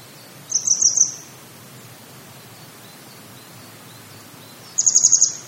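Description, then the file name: Grey wagtail calling: two bursts of rapid, very high chirping notes, five or six in each, separated by about four seconds of near silence. "kisekirei"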